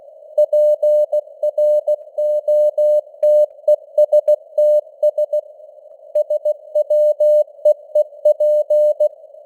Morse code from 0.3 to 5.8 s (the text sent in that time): PROTESTS